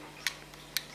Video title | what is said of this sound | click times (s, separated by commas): [Cowcot TV] Présentation casque Roccat Khan AIMO | vous entendez, on a le petit clic qui signifie que ici elle sera coupée, | 0.3 s, 0.8 s